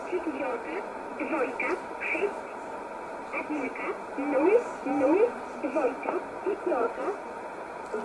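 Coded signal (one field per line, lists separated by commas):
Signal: numbers station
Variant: S11a Cherta, Russian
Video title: 01 06 2020 S11a Cherta Numbers station in Russian 0708 on 9339 unknown tx site in USB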